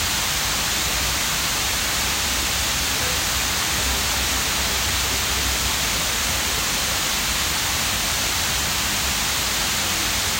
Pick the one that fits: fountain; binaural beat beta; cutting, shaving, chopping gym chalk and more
fountain